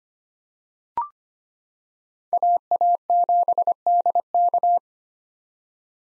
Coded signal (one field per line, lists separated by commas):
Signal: Morse code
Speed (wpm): 25 wpm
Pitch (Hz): 700 Hz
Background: none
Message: AA7DK